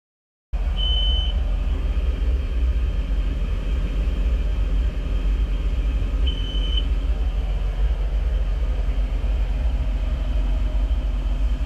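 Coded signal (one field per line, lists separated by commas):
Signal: beep code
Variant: Volvo Penta EFI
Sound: single short high beep repeating about every 5 seconds over engine rumble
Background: boat engine rumble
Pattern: 1 beep every 5 s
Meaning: Single beep every 5 seconds signals a low-priority engine fault code stored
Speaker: If you've got a single beep about every 5 seconds, don't believe what Google tells you.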